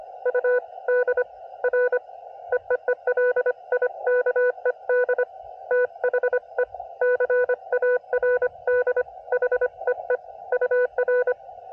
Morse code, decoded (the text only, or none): U DR EEE LIKED THE CARD HEE UR